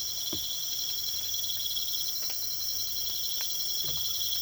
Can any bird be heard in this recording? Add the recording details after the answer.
no. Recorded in pastures near Puerto Asís, Putumayo, Colombia, on 24 March 2025 at 03:30. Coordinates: 0.487, -76.322. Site G077